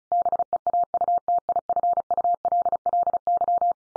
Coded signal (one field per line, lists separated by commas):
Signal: Morse code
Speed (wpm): 34 wpm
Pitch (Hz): 700 Hz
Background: none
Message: BEAUTIFULLY